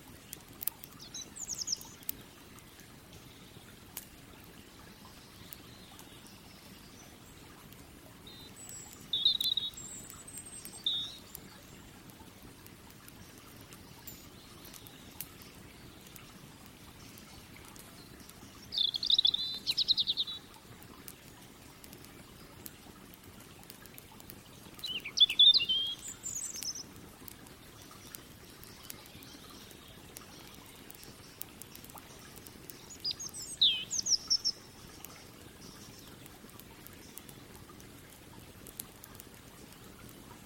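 A river runs as a steady, low wash of water through the whole recording, unchanging and fairly close. Over it, birds chirp in short, high bursts every five to ten seconds, most clearly near 10, 20, 26 and 34 seconds.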